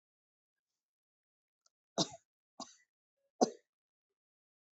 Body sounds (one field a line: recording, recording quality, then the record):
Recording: shallow voluntary cough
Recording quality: excellent, no background noise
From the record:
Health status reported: healthy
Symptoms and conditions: hypertension, diabetes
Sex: female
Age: 62 years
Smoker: not ticked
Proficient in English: yes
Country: India